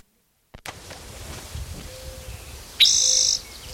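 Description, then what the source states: Spotted Towhee song: a sudden high buzzy trill held for about half a second over quiet background hiss. Individual number 3; songs being counted aloud, this one counted as song seven.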